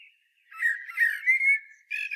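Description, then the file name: Common blackbird singing a short, mellow whistled phrase that swells and wavers, ending in a bright sustained note and a brief clipped follow-on. "Turdus merula"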